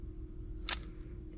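A FoxLox keyless entry component for a Foxbody car is gently squeezed, a little at a time, into its mounting in the car until it sits flush. A single sharp, bright snap sounds at 0.7 s over a steady low hum, followed by faint small ticks. The component is seated flush.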